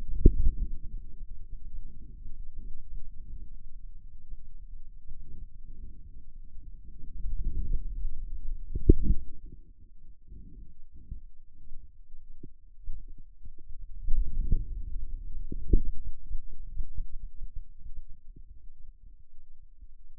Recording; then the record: forearm muscle sounds (acoustic myography)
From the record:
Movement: outward rotation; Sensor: system 2, bracelet of six BSWA MPA416 microphones around the upper forearm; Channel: 2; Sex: male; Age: 22 years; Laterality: right